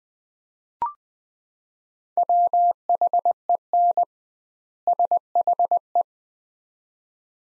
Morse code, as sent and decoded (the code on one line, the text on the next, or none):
.-- .... . -. / ... .... .
WHEN SHE